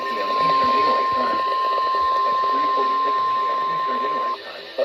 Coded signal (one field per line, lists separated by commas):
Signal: Emergency Alert System (SAME) tones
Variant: 1050 Hz attention tone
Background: speech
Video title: WWG56-KDO94 EAS-502 SVR R1630 GOAST ACTIVATES